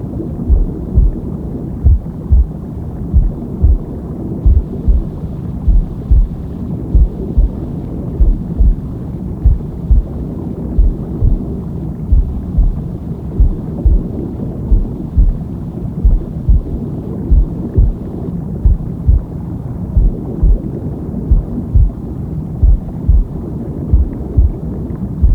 Womb Sound with Heartbeat.